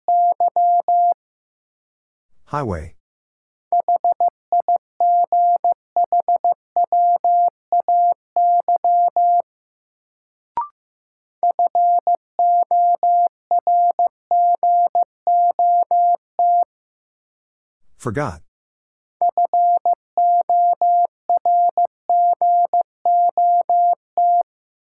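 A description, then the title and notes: Morse code beeps at a single steady mid-high pitch, sent in rapid bursts of short and long tones separated by brief pauses. Two sweeping swishes interrupt around 2 and 18 seconds, and a sharp click lands near 10 seconds. First, the word is sent in Morse code. 15wpm.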